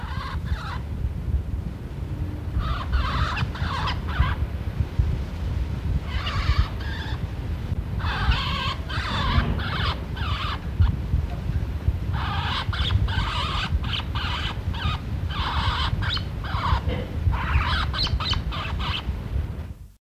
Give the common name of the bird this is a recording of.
Cut-throat Finch